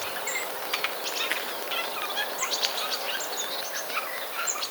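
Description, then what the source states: Eurasian jay song: a soft, rambling medley of scattered clicks, short chirps and faint thin whistles over a steady background hiss. Male singing to his chosen female, perched on a branch with eyes half-closed and feathers fluffed; the song is not very loud.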